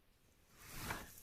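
A plastic brick is pressed down onto a brick armchair build to check that it clips properly. A soft rising rustle of handling peaks around 0.9 s, but the brick has not clicked or seated yet.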